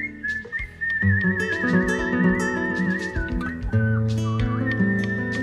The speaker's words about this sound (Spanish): lo puedo escuchar a … silbar una chacarera